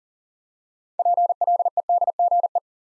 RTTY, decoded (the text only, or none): none